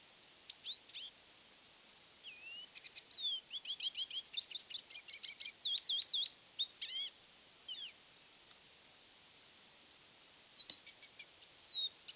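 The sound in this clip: Lesser goldfinch delivering a quick medley of thin high whistles and chippy notes, a steady run of rapid repeated chirps, then a pause and a few final twitters.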